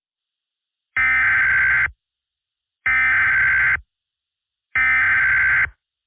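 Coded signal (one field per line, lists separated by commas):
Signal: Emergency Alert System (SAME) tones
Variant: header bursts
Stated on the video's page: Fictional EAS scenario, not a real alert.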